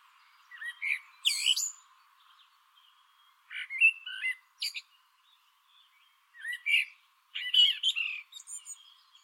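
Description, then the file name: Eurasian blackbird singing: varied warbled phrases that swoop up into thin, high squeaks, three bursts throughout. "Turdus merula"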